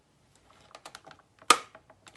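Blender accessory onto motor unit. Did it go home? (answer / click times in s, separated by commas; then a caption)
yes / 1.5 s. A blender accessory is fitted onto the plastic motor unit of an Arzum AR1041 Blendart 1500 W blender set, with a few light clicks and taps beforehand. A sharp, loud click at 1.5 s marks the accessory seating onto the motor unit.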